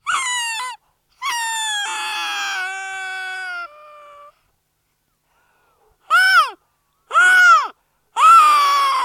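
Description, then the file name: Young seal giving harsh, harmonic wailing calls: a short falling call and a long, drawn-out, mostly level one, then after a pause three shorter arched calls. Young seal, recorded close; a grumble. "Digiffects Sound Effects Library - Close Young Seal Grumble"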